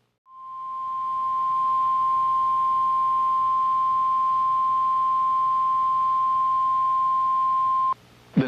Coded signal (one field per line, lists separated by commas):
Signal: Emergency Alert System (SAME) tones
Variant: 1050 Hz attention tone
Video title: A Quiet Friday Afternoon | EAS Alerts from 8/7/26